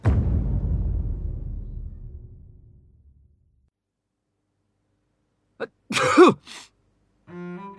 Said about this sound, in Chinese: 林叔打了个喷嚏，这是他在十分钟之内打的第五个喷嚏了